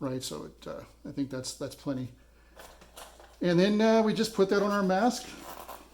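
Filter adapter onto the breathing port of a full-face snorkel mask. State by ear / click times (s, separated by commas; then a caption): not seated / none. An improvised filter adapter is being handled before it is pushed onto the breathing port on top of a full-face snorkel mask. Someone talks throughout, and there is a brief quiet handling sound around 2.6 s. Nothing has seated or clicked yet.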